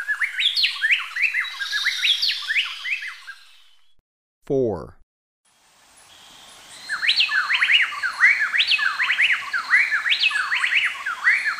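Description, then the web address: Plain-tailed wren giving lively, rapid whistled phrases of rising and falling notes, broken by a short gap with a low descending harmonic sweep, then the whistling resumes. Ecuador. "Birds of Ecuador. Plain-tailed Wren"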